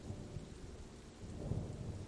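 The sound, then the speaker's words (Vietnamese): Heavy rain pours down outside a thatched-leaf house in a dense, steady hiss while deep thunder rumbles low underneath, swelling slightly toward the end. No voices. “Bên ngoài căn nhà lá lúc này mưa như trút nước”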